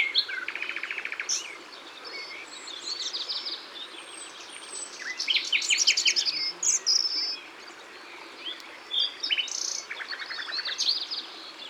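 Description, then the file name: Common nightingale song: bursts of rapid repeated notes and buzzy trills, separated by short pauses. Ardèche. "Rossignol-Philomele-Concerts-Naturels-De-l Ardeche"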